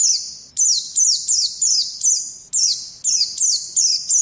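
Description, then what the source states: White-eye repeating a loud, high, sharply falling slurred note in a rapid series with brief gaps. Song in the ngalas singing style.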